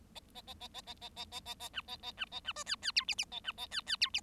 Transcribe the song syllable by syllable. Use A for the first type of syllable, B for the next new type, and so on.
A A A A A A A A A A A B A A B A B C D D E F F A B A D D E F